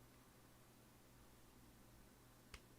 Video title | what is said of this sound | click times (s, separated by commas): 【Handcam】Let's Build a Lego Set! | Was that it? Just a little click. | 2.5 s